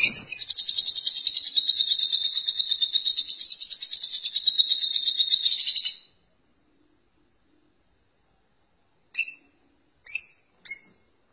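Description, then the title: Lovebird rapid, high, buzzy twittering for six seconds, then a quiet gap, followed by three short, sharp chirps. "BM Suara Burung Lovebird"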